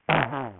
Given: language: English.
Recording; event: throat vibration sensor signal played as sound; throat clearing